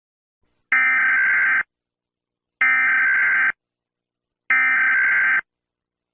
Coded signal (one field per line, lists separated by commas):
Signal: Emergency Alert System (SAME) tones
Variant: header bursts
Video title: EAS Scenario: Hurricane Omega. (EAS TEST)